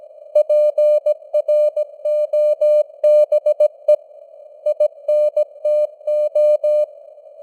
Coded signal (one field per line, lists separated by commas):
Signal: Morse code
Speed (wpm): 17 wpm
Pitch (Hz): 600 Hz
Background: none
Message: PROBE INTO